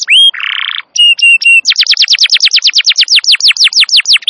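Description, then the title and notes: Canary singing: a whistled note, a harsh buzzy note, three short steady whistles, then a long run of quick descending whistled syllables. Wild canary song, described as long and vigorous, used as a master recording to lure or train canaries. "Pikat Kenari GACOR PANJANG INI Cocok Untuk Masteran KENARI LIAR. Masteran burung kenari gacor parah"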